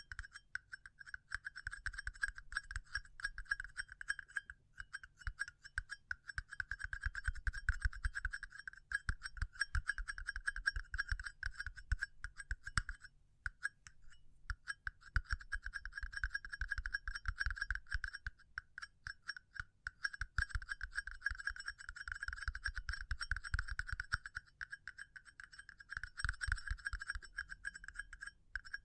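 Continuous tapping runs for the whole stretch, dense and quick, with brief slower patches near 13 and 19 seconds. Each tap pairs a dull low thump with a bright, slightly glassy click, and a faint high ringing sits steadily underneath throughout.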